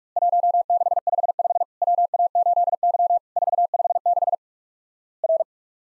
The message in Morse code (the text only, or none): 1655 WA8Y 456 R